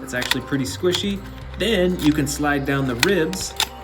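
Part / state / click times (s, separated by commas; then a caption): sliding rib cover panel on a dinosaur action figure / not seated / none. Someone talks over background music while handling a battle-damaged Albertosaurus dinosaur action figure, sliding its plastic rib cover panel down over the squishy stomach wound, with light plastic handling sounds. Nothing has seated or clicked into place yet.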